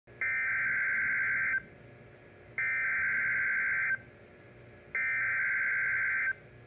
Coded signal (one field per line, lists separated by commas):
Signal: Emergency Alert System (SAME) tones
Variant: header bursts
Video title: EAS #437 NOAA Weather Radio Severe T’storm Warning #7 5/20/22 3:05 PM